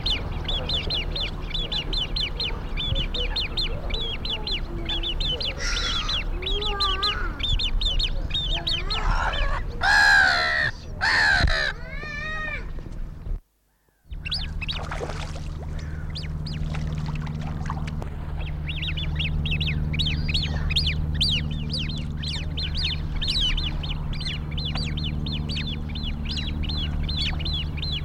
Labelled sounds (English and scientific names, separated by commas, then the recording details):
Great Crested Grebe (Podiceps cristatus) call
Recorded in the wild
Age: juvenile
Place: Eutin, Holsteinische Schweiz, Schleswig-Holstein, DE
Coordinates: 54.132, 10.614
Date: 1992-09-10 10:30
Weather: wolkig-heiter, 17°C
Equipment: Marantz CP 430, Sennheiser ME 80, Kopie Tesla B 116
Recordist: Tembrock, Günter